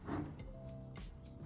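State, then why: Not seated. A twist-lock attachment is handled while being twisted onto the body of a drywall texture sprayer, giving soft rubbing and handling noise with a brief faint tap near 0.4 s. Nothing has seated or locked into place yet.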